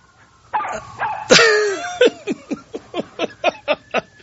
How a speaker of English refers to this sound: I'm hearing dogs. Dogs and sirens. Anybody who wants to say that Culver City has turned the corner, let me tell you something. This is Culver City. All these yapping dogs and sirens and cameras. Oh, that's bad. Listen to that.